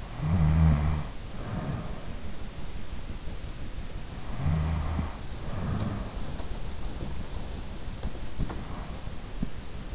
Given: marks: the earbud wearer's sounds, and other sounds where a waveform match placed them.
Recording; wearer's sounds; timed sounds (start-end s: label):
sounds in sleep by an in-ear microphone; snoring breath
0.00-2.24 s: snoring breath
4.12-6.31 s: snoring breath